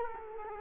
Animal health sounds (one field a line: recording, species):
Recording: mosquito wingbeat signal from an infrared sensor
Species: Culex quinquefasciatus